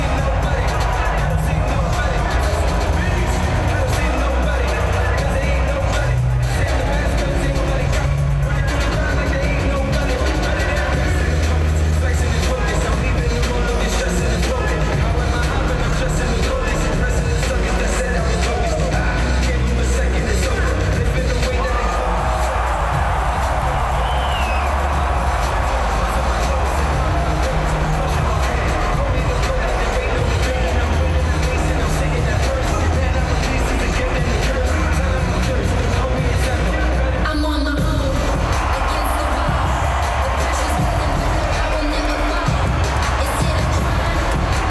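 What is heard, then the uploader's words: A packed arena crowd at a wrestling event fills the whole clip with a dense, steady roar of voices and heavy low rumble. The noise stays loud throughout, with brief sharp bursts around six and thirty-seven seconds cutting through the constant din. Wwe wrestling at Barclay center. Wrestling sounds.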